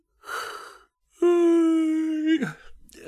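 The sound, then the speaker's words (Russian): A loud yawn from a day-labourer washerwoman: a breathy intake of air, then a long, steady voiced groan that holds its pitch for about a second before sliding down and trailing off into a short breath. “Мысли Аграфены были прерваны громким зеванием прачки-поденщицы.”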